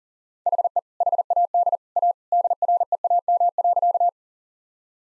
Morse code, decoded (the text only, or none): HE HAD A DREAM.